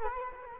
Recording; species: mosquito wingbeat signal from an infrared sensor; Culex quinquefasciatus